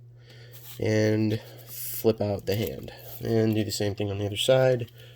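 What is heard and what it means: Someone talks while handling the arm of a plastic Transformers Earthrise Leader Class Astrotrain robot toy, flipping out the hand and working the second arm's joint toward the figure's shoulder. The arm has not seated or clicked into place yet.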